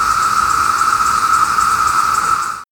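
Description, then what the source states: Brood X cicada song, a continuous loud buzzing drone from many insects, a steady unbroken tone with a fainter higher hiss above it, lasting under three seconds. Repeat of many 17-year cicadas calling in trees along a campus edge; males click membranes up to 480 times a second, heard as continuous buzzing, over 120 decibels at times; females locate males by song.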